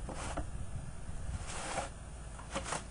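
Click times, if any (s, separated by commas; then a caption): none. A clamp belt is being turned around a pool cartridge filter tank, giving scraping, rubbing handling noise with a few brief broadband swishes under low rumble. Nothing has seated or clicked yet; the belt is not yet locked in place.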